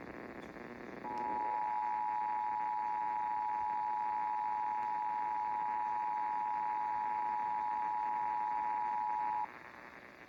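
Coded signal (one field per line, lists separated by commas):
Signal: Emergency Alert System (SAME) tones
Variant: 853 and 960 Hz attention tone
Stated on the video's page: Los Angeles required monthly tests.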